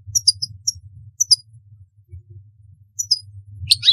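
European goldfinch song: short, high tinkling chirps in small clusters with gaps between, ending in a denser twittering burst, over a low steady hum.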